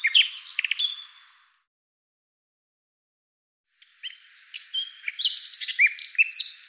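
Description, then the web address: Bird giving bright chirping phrases, a short burst of quick notes, a silent gap, then a longer jumbled twittering series. "cianscape birddata Deverinetal 2025"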